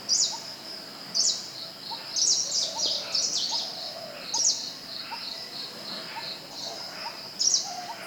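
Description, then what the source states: Greenish warbler repeating high, slurred call notes roughly every second, some doubled, against a constant pulsing insect chorus and soft low chirps. Recorded at Thekkady on 12 October 2015.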